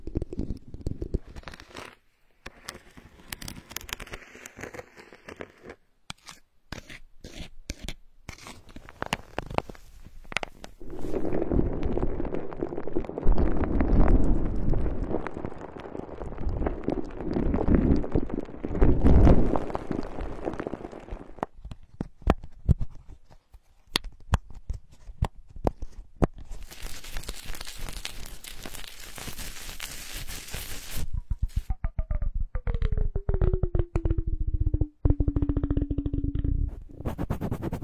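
Ear cleaning sounds with close scratching, tapping and rubbing that come in dense bursts, with stretches of louder, fuller rustling around 11 to 21 seconds. A bright, steady hiss runs from about 26 to 31 seconds, then a falling whistle-like tone glides down near 31 to 37 seconds.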